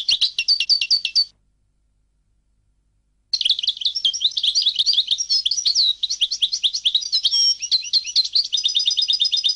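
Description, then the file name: European goldfinch singing rapid twittering song with varied tinkling and buzzy notes, a pause, then a long, energetic run ending in a fast trill-like series. "audio burung goldfinch"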